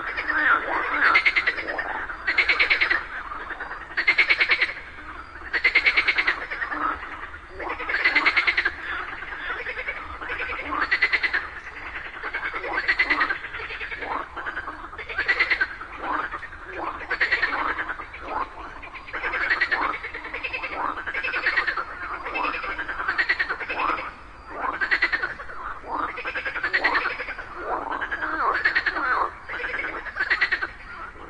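A chorus of frogs croaks densely and continuously after rain, overlapping bright rasping calls pulsing in quick, roughly regular bursts.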